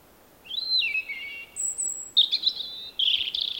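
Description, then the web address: Robin song: thin, high warbled phrases, a sliding whistle, a sustained very high note, then rapid twittering trills, with brief pauses between phrases. "Robin. Paul Smith Gallery"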